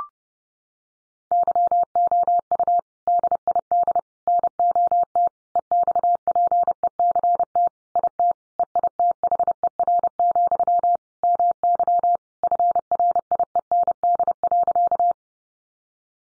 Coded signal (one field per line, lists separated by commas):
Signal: Morse code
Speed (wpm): 28 wpm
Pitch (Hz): 700 Hz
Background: none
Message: YOU DID NOT EXPECT IT EITHER, MY FRIEND.